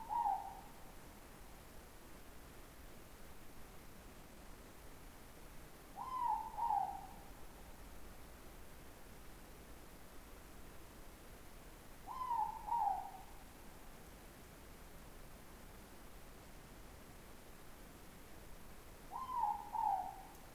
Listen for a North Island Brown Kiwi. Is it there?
no